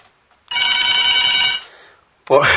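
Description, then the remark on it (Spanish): A loud, bright telephone ring sounds for about a second with a buzzy, harmonic-rich tone, then fades out. After a brief silence, a voice begins speaking. “Por teléfono, ahora les gané. Ahí está.”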